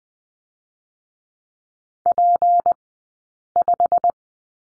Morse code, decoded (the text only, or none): P5